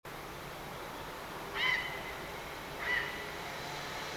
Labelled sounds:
Grey Heron (Ardea cinerea), unidentified sound
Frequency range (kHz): Grey Heron (Ardea cinerea) 1.0-6.4 kHz
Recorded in France

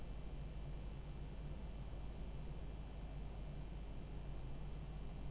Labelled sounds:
none
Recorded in France

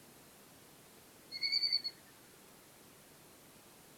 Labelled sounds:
Little Grebe (Tachybaptus ruficollis)
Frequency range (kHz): Little Grebe (Tachybaptus ruficollis) 1.8-4.7 kHz
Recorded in France

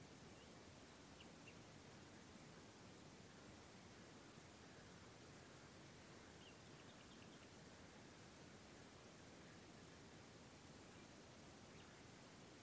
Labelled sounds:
Common Nightingale (Luscinia megarhynchos)
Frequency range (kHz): Common Nightingale (Luscinia megarhynchos) 2.2-3.8 kHz
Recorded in France

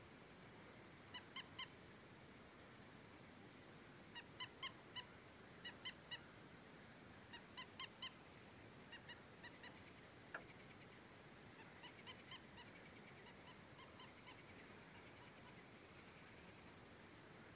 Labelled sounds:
Common Moorhen (Gallinula chloropus)
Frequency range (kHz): Common Moorhen (Gallinula chloropus) 0.8-5.5 kHz
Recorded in France

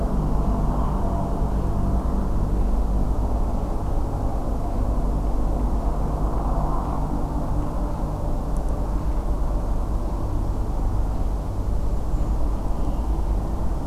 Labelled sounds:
Redwing (Turdus iliacus)
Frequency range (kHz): Redwing (Turdus iliacus) 6.7-7.9 kHz
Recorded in France

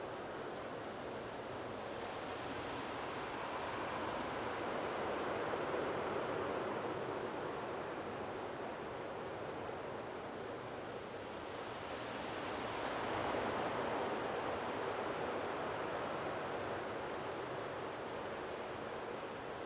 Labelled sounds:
European Robin (Erithacus rubecula)
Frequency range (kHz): European Robin (Erithacus rubecula) 6.3-7.7 kHz
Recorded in France

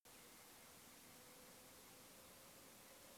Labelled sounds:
man-made sound
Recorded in France

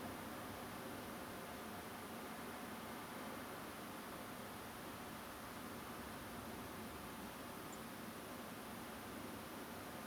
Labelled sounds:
Song Thrush (Turdus philomelos)
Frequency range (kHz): Song Thrush (Turdus philomelos) 6.9-9.7 kHz
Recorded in France

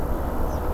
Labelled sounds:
Spotted Flycatcher (Muscicapa striata)
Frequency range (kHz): Spotted Flycatcher (Muscicapa striata) 4.3-8.2 kHz
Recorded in France

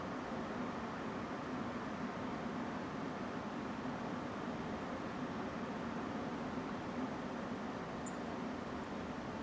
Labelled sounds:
Song Thrush (Turdus philomelos)
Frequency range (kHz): Song Thrush (Turdus philomelos) 6.6-9.8 kHz
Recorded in France

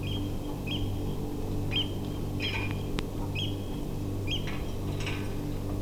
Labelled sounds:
Eurasian Oystercatcher (Haematopus ostralegus), man-made sound
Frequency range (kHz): Eurasian Oystercatcher (Haematopus ostralegus) 1.9-8.2 kHz
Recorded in France

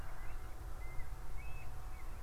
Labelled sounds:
Eurasian Stone-curlew (Burhinus oedicnemus)
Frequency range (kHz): Eurasian Stone-curlew (Burhinus oedicnemus) 1.8-2.9 kHz
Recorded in France

